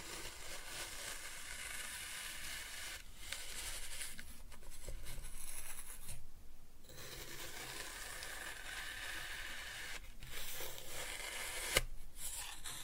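Kinetic sand is cut and scooped in a soft, steady, grainy scraping that runs almost without pause and sounds bright and hissy. Brief dips break it around 3, 4.5, 6 to 7, 10 and 12 seconds, with a small sharp tap near 12 seconds.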